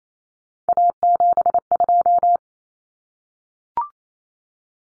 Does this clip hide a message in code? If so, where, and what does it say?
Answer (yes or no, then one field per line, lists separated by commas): yes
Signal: Morse code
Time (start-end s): 0.7-2.4 s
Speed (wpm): 28 wpm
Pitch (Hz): 700 Hz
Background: none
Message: A72